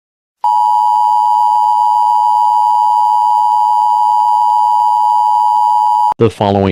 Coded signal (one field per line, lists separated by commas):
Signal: Emergency Alert System (SAME) tones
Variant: 853 and 960 Hz attention tone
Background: speech